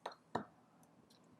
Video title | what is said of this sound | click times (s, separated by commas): The Robot Program 077 - Building with Shell E | we just click into place perfect | 0.4 s